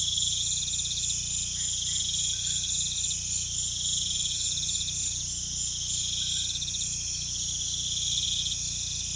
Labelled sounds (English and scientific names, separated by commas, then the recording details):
none
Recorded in pastures near Puerto Asís, Putumayo, Colombia, on 16 December 2024 at 20:30
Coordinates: 0.472, -76.331
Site GP02